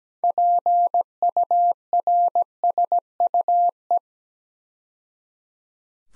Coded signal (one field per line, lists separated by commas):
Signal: Morse code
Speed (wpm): 17 wpm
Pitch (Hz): 700 Hz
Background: none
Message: PURSUE